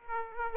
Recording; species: mosquito wingbeat signal from an infrared sensor; Aedes aegypti